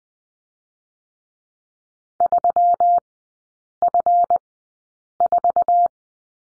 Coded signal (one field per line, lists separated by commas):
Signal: Morse code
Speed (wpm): 20 wpm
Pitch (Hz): 700 Hz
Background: none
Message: 3F4